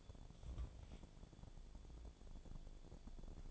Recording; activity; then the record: daily activity, microphone in the room; take from stove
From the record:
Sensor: 5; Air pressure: 1000.0 hPa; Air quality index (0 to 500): 90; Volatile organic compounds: 1 ppm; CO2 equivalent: 740 ppm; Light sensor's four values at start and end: 353/840/363/408 and 359/856/369/416